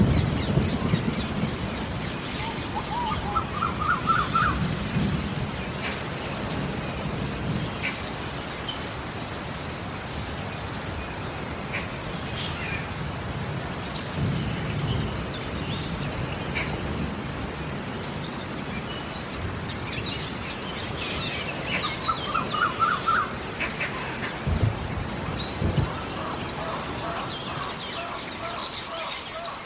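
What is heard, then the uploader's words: A rainstorm in the forest, with a steady, dense patter of rain running through the whole half minute. Low rumbles swell near the start, middle and around twenty-five seconds, while short rising bird calls and thin whistles come and go above the rain. Planet Earth Rain | Relaxing Sounds in a forest. The sound of a rainstorm and earthly lifeforms in the forest next to the spaceport.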